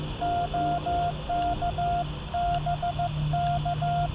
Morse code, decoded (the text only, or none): OK BK